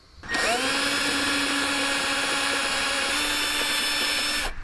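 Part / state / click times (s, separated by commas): screw into the air pump housing / stripped / none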